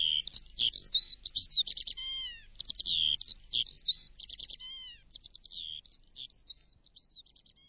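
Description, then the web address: Eurasian skylark singing a fast, varied warble of chirps and downslurred whistles in dense bursts, thinning toward the end with brief gaps. "Sound Effects Special FX 2. Skylark"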